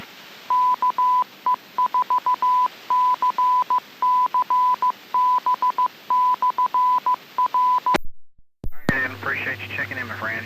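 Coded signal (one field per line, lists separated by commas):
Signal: Morse code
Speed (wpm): 15 wpm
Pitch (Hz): 1000 Hz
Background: speech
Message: KE4CCB/R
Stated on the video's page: Weekly amateur radio club net on a 442.200 MHz repeater with a 100 Hz tone.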